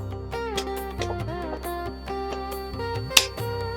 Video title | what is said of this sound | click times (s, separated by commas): Digitek lite DCL 150WBC Combo | lock ஆகிடுச்சு. | 3.2 s